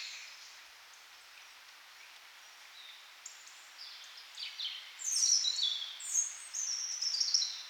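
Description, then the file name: Birdsong, quiet at first, then high whistled and trilled phrases rising in strength over the second half, several notes overlapping. "melodiez vogels"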